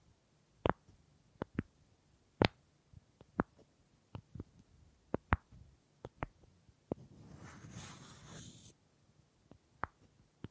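Wood triggers: sharp, dry taps on wood land one at a time at an uneven pace, roughly every half second to a second, some louder and brighter than others. From about seven to nearly nine seconds a steady scraping rub replaces the taps before they return.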